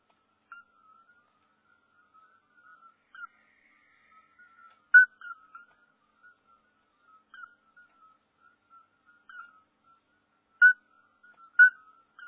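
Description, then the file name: Toad calls, short pure piping notes scattered throughout, a few loud ones among many soft overlapping notes from other callers, otherwise quiet. "crapaud"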